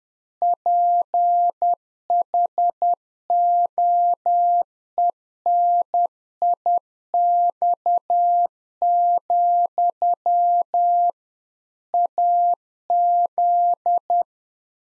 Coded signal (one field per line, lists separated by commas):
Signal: Morse code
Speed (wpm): 10 wpm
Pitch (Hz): 700 Hz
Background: none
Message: PHOENIX, AZ